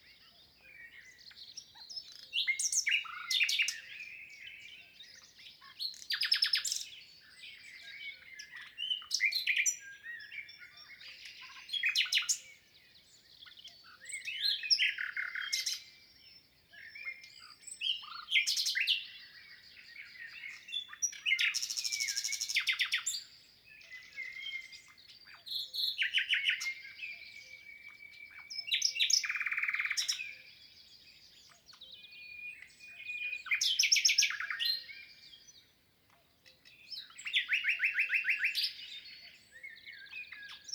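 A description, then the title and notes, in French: A nightingale sings in bursts of varied phrases, rapid trills, sharp whistles and a few long pure notes, with short pauses between them. The song is bright, sitting high in pitch, over a quiet background with almost no low sound. Lesches en diois_ Nagra seven - mkh8040 stéréo. Cette année restera pour moi exceptionnelle pour le chant du Rossignol Philomène (Luscinia megarhynchos) . Cet enregistrement est le troisième depuis leur arrivée et toujours dans des conditions de silence des hommes.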